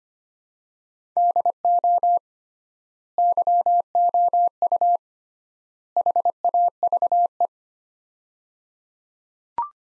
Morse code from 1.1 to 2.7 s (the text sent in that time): DO